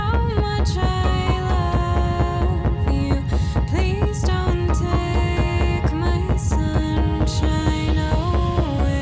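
Steady low thumps near 66 a minute under a gentle melody: a child's recorded heartbeat woven into a song, a heartbeat song made in a children's hospital recording studio to memorialize a terminally ill child for the family.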